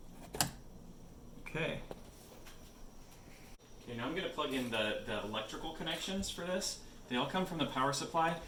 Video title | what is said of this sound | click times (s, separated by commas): Custom Built Gaming PC for Nieces and Nephews! | and once again once i've got it in place it'll push it down and make a little click okay | 0.4 s